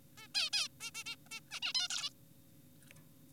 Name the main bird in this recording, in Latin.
Taeniopygia guttata